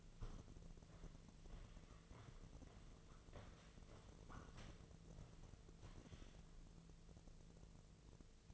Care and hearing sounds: daily activity, microphone in the room; walk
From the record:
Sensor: 4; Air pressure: 1006.3 hPa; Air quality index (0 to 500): 83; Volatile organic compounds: 2 ppm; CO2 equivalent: 1029 ppm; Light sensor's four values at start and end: 12/27/10/10 and 12/27/10/10

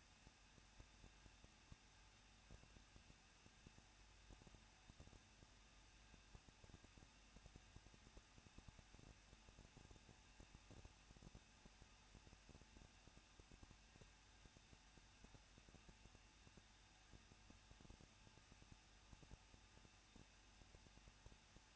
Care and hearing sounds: daily activity, microphone in the room; no activity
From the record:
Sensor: 2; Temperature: 21.0 degrees Celsius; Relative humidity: 37.3%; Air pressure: 1006.4 hPa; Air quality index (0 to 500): 220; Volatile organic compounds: 23 ppm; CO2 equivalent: 2781 ppm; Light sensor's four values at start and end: 2/3/2/2 and 2/3/2/2

